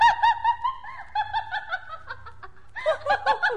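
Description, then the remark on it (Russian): Magpies in a forest chatter in quick, rhythmic bursts of harsh, laugh-like calls, fairly loud and steady, pausing briefly before a final louder flurry. No one speaks. “Кто это? А, сороки!”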